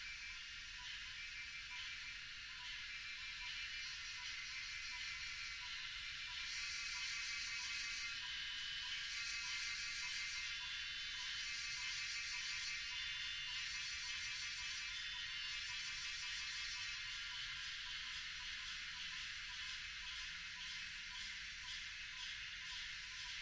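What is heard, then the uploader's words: Cicadas at sunset in a Thai mountain forest make a dense, constant high buzz that fills the whole recording. The chorus swells louder from about seven seconds on. A fast, regular ticking pulse runs beneath it, over a quiet low rumble. Recorded with the exceptional Lewitt Subzero microphone. Extremely loud cicadas during sunset, as their mesmerizing chorus fills the air in Doi Suthep national park, Thailand. Recorded by Marcel Gnauk.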